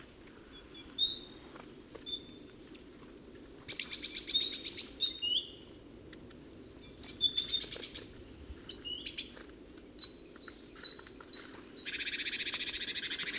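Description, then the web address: Great tit calls: high thin chirps and short whistled notes, broken by several harsh buzzy rattles, with a rapid run of repeated notes late. "SETE Parus major"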